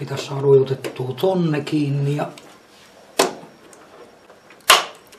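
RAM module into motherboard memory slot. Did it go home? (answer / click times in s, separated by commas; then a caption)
yes / 4.7 s. A second RAM stick is pressed down into a motherboard DIMM memory slot until the retention latch snaps and the module seats. Someone talks at the start, then a sharp snap at 3.2 s and a louder click at 4.7 s as the stick locks into the slot.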